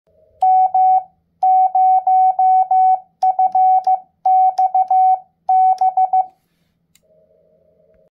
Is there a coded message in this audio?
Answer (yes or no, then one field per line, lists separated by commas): yes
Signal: Morse code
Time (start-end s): 0.4-6.2 s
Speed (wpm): 15 wpm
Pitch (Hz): 750 Hz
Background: none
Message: M0FXB